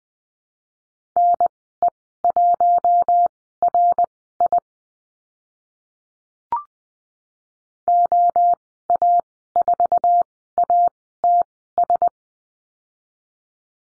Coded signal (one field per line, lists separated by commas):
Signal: Morse code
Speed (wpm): 20 wpm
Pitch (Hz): 700 Hz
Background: none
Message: NE1RI OA4ATS